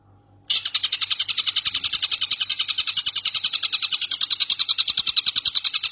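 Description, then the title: Streaked spiderhunter song: a sudden start into a long, very regular series of fast, high notes that runs steadily throughout. Long, clear, vigorous song. "Pijantung Gunung Gacor Jernih Panjang"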